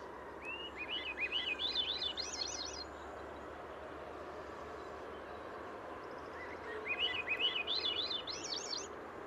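Bird song in two bursts, each a rising series of looping notes climbing in pitch, separated by a few seconds of steady background noise.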